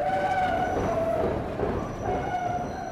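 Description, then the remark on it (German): An elevated train rumbles steadily over a narrow street canyon in Chicago, a loud continuous roar with a faint metallic squeal of wheels running through it for the whole stretch, with no voices. “Durch eine enge Straßenschlucht, über die eine Hochbahn donnert.”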